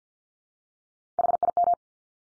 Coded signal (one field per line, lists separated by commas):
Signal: Morse code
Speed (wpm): 50 wpm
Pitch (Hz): 700 Hz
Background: none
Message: HIM